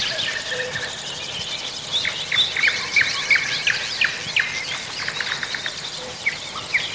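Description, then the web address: Songbirds in a dense dawn chorus, many overlapping high whistles, chirps and short phrases from several birds at once, filling the whole stretch without a pause. Songbirds singing a morning chorus in spring. "vremena vesna pevchie ptici utrenni hor"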